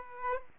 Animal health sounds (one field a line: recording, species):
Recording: mosquito wingbeat signal from an infrared sensor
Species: Aedes aegypti